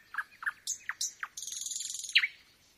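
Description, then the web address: Nightingale song fragment: a few short downslurred notes followed by a rapid buzzing trill and a sharp closing note. Singing at night; nocturnal performance. "spiew ptakow nocny wystep slowika"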